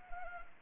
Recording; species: mosquito wingbeat signal from an infrared sensor; Anopheles arabiensis